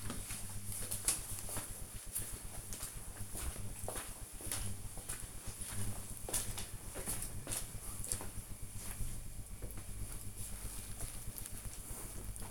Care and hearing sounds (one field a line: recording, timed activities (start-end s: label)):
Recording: household activities, microphone on the right wrist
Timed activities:
none